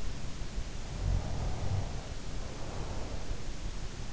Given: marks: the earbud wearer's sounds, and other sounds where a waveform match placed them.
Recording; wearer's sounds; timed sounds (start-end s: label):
sounds in sleep by an in-ear microphone; snoring breath
0.68-3.29 s: snoring breath